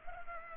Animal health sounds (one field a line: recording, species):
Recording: mosquito wingbeat signal from an infrared sensor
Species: Culex pipiens